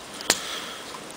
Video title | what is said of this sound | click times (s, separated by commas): MJG Technologies: QuickFire Clip Review | like that it'll snap right in | 0.3 s